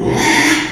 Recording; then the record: squeal of a Yucatan mini pig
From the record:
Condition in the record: after surgery on the right vocal fold (resection and tissue-engineered implant); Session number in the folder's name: 3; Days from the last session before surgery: 33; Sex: male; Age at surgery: 12 weeks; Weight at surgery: 13 kg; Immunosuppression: cyclosporine, prednisolone